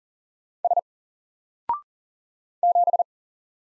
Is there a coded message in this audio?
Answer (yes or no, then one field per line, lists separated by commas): yes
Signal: Morse code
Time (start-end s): 0.6-3.0 s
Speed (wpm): 40 wpm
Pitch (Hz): 700 Hz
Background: none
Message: S 7